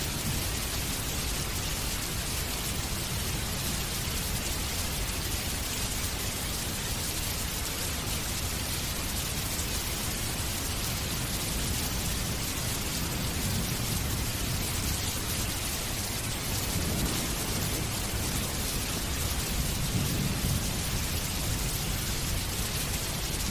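Heavy, torrential rain pours down in a dense, unbroken hiss that stays at the same loudness throughout. Around the seventeen-second mark a deep thunder rumble swells softly beneath the downpour and fades again by about twenty-one seconds.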